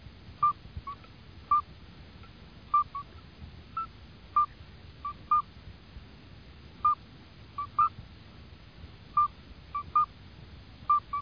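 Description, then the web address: Midwife toad calls: short, pure piping beeps at two slightly different pitches, repeated irregularly, over a steady low hiss. "anfibios sonpartero"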